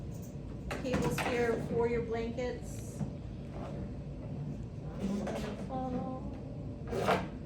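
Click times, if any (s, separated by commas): none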